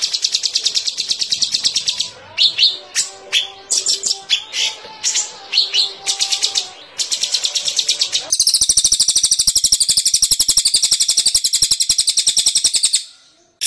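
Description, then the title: Songbird song, dense high chattering and rapid trills, with a lower melodic phrase midway, then a long fast buzzy trill from eight seconds onward. Training recording for songbirds (masteran). "Masteran Burung"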